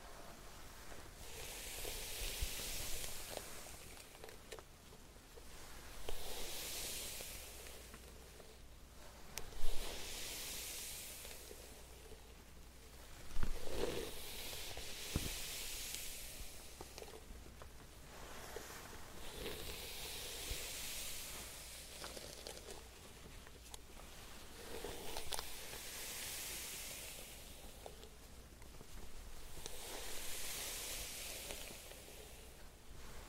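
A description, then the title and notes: Makeup routine sounds: soft hissing, brush-like swishes recur every four to five seconds through the clip. Small clicks and taps land near 10, 13 and 15 seconds, over a faint low hum throughout. ASMR Doing your Makeup sound tweezers curling iron No Talking.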